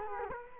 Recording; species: mosquito wingbeat signal from an infrared sensor; Culex quinquefasciatus